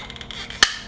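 The lock ring on the fuel filter/pump assembly of a Honda Click V2 motorcycle with 37k on the odometer is turned further into the fuel tank until it clicks. After faint light ticks, one sharp, bright click sounds at 0.6 s and the ring is locked in place.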